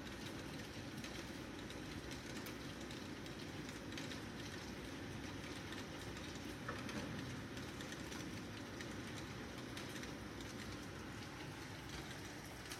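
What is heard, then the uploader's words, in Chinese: Rain on a Beijing night, a steady dense hiss that holds level for the whole stretch, with fine pattering ticks scattered across the top. Underneath runs a continuous low rumble like passing traffic or a train, and a brief faint tone rises near the seventh second. 凌晨1点北京雨夜。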